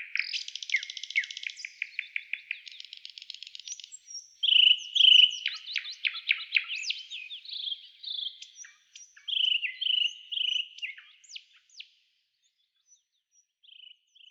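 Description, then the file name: Nightingale song: a rapid repeated trill, then loud pure whistles and sweeping chirps in bursts, then silence. "Solovey-1 Trel"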